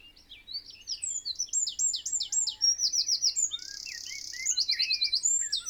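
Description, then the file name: Eurasian wren song: a loud, rapid high-pitched outpouring of sharp notes that builds into a steady buzzing trill, then ends in quick repeated chips. "Troglodytes troglodytes"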